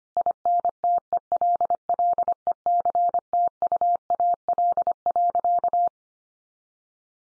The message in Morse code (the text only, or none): INTELLECTUAL.